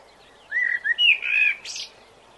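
Blackbird song: a short run of low, mellow fluted notes that dips and rises, ending in a brief high, squeaky twitter.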